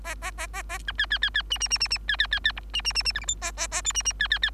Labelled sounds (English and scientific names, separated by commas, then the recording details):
Bengalese Finch (Lonchura striata domestica) song
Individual Bird3